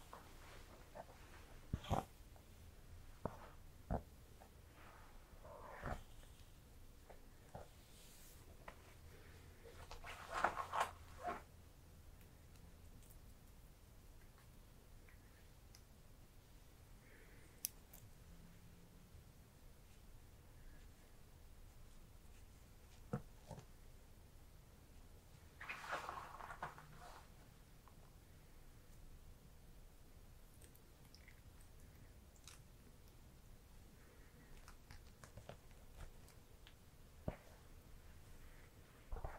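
Hair being brushed and played with: quiet, sparse snips and taps, with longer soft brushing strokes around ten and twenty-six seconds.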